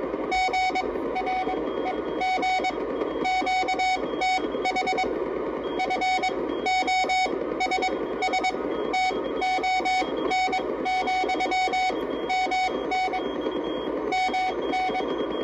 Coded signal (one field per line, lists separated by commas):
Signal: Morse code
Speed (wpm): 22 wpm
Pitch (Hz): 750 Hz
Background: none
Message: GREG QTH FOSSTON,MN MN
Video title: Old Friend QRP CW Transceiver Demo